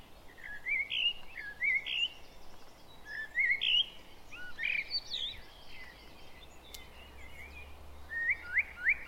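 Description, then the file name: Common blackbird delivering repeated rising fluted phrases every second or two, with squeaky flourishes. "Turdus merula"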